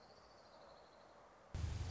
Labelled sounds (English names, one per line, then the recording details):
Orange-crowned Warbler
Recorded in Sonoma County, California